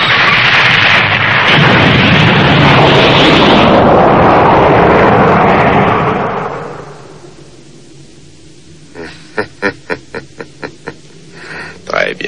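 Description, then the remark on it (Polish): In Dragon Ball Z, a rock is blasted apart in a huge roaring explosion that rumbles for several seconds and fades, followed by a quick run of sharp cracking pops and a final thump. “Ta skała zasłania mi cały widok, trzeba ją rozbić.”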